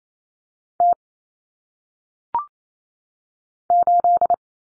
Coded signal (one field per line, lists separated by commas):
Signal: Morse code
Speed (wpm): 28 wpm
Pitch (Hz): 700 Hz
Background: none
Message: T 8